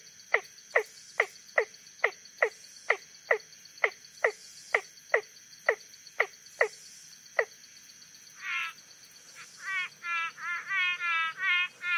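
Frog sharp clicking notes repeated about twice a second, followed by a different frog's rising harmonic bleats near the end, over a steady high insect drone.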